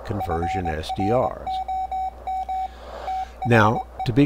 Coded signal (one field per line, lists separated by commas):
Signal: Morse code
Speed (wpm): 22 wpm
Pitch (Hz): 760 Hz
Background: speech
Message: FROM THE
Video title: STM32F411 BlackPill SDR Demodulator & GUI